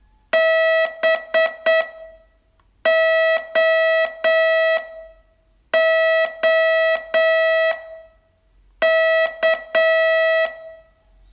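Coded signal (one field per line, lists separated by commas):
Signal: Morse code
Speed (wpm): 8 wpm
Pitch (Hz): 650 Hz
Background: none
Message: BOOK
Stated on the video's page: Morse training course, day 23 test.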